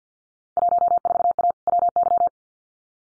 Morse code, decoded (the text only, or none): 14A WY